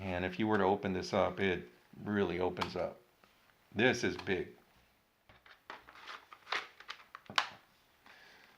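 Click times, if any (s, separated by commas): 7.4 s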